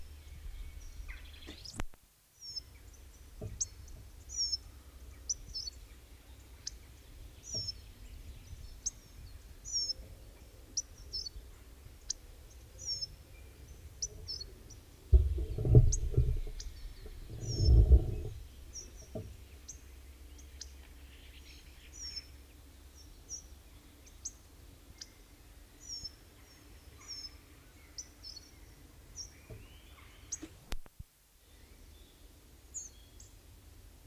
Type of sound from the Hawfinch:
call